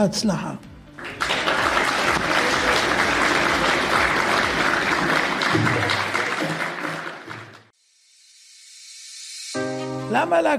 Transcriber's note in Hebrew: מחיאות כפיים